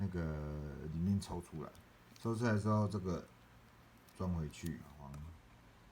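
Someone talks while working on a VW Lupo/Polo cup holder: the cup holder/storage box has been pulled out, and the spring plate is being handled to go back into its slot in the plastic cup holder housing. Only speech is heard, and nothing has seated or clicked yet.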